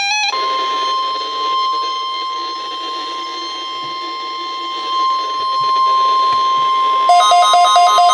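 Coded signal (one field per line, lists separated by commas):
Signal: Emergency Alert System (SAME) tones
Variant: 1050 Hz attention tone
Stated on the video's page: Compilation of EAS alert captures including a Required Weekly Test, Flash Flood Watches and High Wind Warnings.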